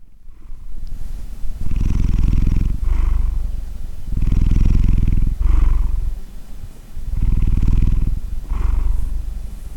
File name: Catpurrmesa